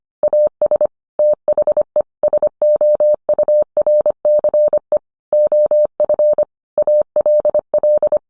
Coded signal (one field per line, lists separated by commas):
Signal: Morse code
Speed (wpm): 25 wpm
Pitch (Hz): 600 Hz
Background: none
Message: AS THE SOURCE OF ALL